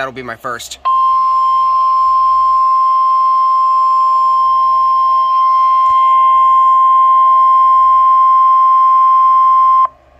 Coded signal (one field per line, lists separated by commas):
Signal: Emergency Alert System (SAME) tones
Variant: 1050 Hz attention tone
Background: speech